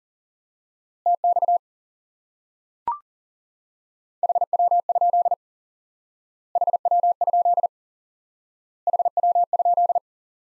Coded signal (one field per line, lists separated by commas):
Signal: Morse code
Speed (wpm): 40 wpm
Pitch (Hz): 700 Hz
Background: none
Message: TX HW? HW? HW?